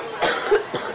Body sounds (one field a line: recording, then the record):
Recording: coughing mixed with background sound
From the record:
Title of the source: 30 Chesty and wet cough